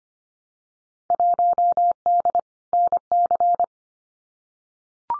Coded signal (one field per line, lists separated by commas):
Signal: Morse code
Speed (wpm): 25 wpm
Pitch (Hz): 700 Hz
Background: none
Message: 1D NC